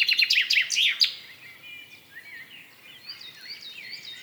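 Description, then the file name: Common chaffinch song, a quick rattling run of notes dropping in pitch and ending in a short flourish, after which other birds give thin rising whistles. "Fringilla coelebs"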